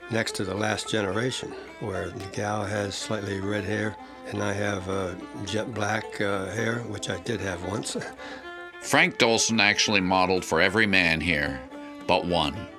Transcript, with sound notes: next-to-the-last generation, where the gal has slightly red hair and I have jet-black hair which I did have, once. (laughs)
Frank Dolson actually modeled for every man here–but one.